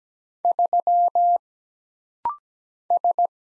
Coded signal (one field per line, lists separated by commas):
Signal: Morse code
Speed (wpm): 17 wpm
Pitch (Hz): 700 Hz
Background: none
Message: 3 S